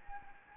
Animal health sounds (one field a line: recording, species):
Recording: mosquito wingbeat signal from an infrared sensor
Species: Anopheles gambiae